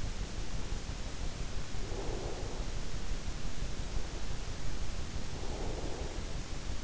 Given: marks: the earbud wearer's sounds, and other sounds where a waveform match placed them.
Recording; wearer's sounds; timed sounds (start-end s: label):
sounds in sleep by an in-ear microphone; breath
1.77-2.85 s: breath
5.34-6.46 s: breath